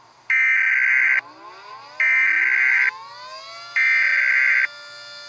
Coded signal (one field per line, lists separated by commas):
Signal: Emergency Alert System (SAME) tones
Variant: header bursts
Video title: EAS Scenario Follow-up: Is it over yet?!